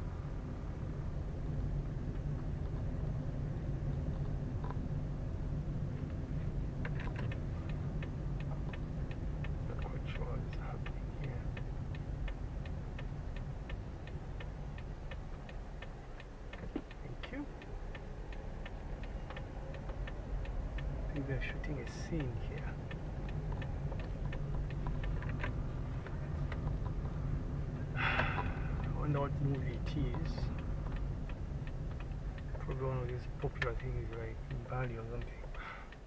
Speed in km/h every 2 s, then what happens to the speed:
17, 18, 19, 18, 15, 13, 12, 6, 7, 10, 12, 15, 17, 17, 16, 12, 9, 5.
0-5 steady at about 18. 5-14 slows to 6. 14-27 speeds up to 17. 27-36 slows to 5.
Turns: none.